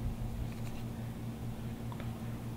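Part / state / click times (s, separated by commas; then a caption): rotating deck section of a rebuildable atomizer engaging its catch on the base / released / 1.9 s, 2.0 s. The rotating deck/top section of a metal Dee Mods Solo RDA rebuildable atomizer is spun counterclockwise on its base over a steady low hum. Its internal catch engages with small clicks at 1.9 s and 2.0 s. The catch releases the part so it can be unthreaded for removal.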